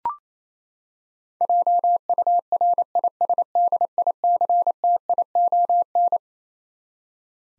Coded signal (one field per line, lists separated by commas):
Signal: Morse code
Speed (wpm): 28 wpm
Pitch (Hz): 700 Hz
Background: none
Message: JURISDICTION